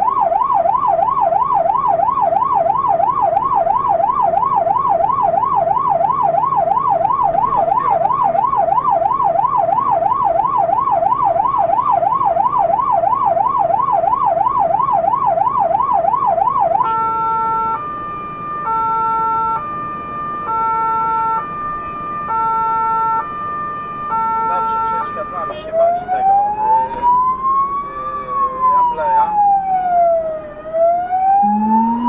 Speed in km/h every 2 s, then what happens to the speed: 56, 61, 63, 65, 65, 68, 68, 68, 68, 68, 69, 66, 60, 56, 49, 47.
0-5 speeds up to 65. 5-21 steady at about 68. 21-32 slows to 47.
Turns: none.